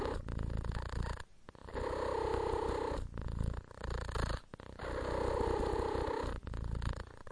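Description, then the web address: Domestic cat purring, a deep steady rumble that swells and fades with each breath, with short quiet gaps roughly every one and a half seconds. "cat purr deep passion"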